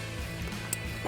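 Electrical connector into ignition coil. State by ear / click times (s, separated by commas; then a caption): seated / 0.7 s. A wiring harness connector is plugged onto a new ignition coil on a 5.0L V8 Ford F-150 (2011–2016). It snaps into place with a single sharp click at 0.7 s over a steady low hum. The connector is seated and its locking tab is then pushed down.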